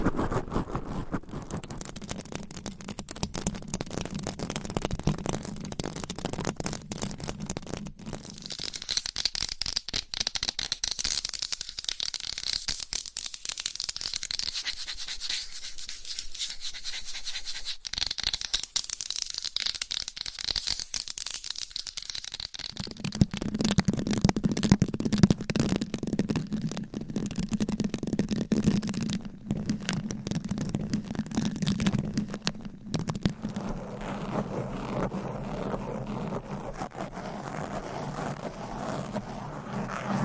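Fast, aggressive scratching on microphone covers with nails, a dense rasping texture that shifts between low rumbling and bright hissy sections throughout.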